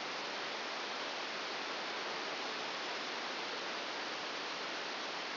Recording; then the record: brain microelectrode recording played as sound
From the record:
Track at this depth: inside the subthalamic nucleus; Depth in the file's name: 4.208 mm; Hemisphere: right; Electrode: 2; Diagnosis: Parkinson's disease